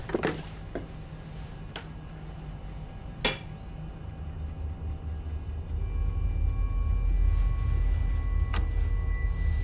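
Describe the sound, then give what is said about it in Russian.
A person in a wheelchair pulls a crowbar from a small cabinet by a wall: a handful of sharp metallic clinks and knocks spaced irregularly, followed by a steady low rumble that swells in the second half. “Он подъехал к стенке и достал из шкафчика монтировку.”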